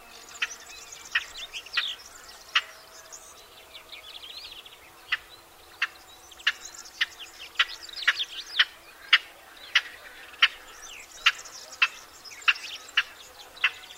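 Barbary partridge, a long series of short, sharp calls at an irregular pace, with softer twittering from other birds in the background.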